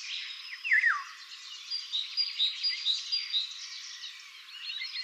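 Golden oriole song, a loud mellow whistle dropping in pitch near the start, followed by a busy background of rhythmic, repeated high chirps.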